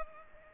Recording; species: mosquito wingbeat signal from an infrared sensor; Culex pipiens